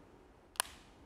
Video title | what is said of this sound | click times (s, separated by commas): Samsung Galaxy Tab S6 and Galaxy Watch Active 2- Openshop 25/11/2019 | click it in yeah it is a satisfying click and the s pen actually charges on the back of the tablet | 0.6 s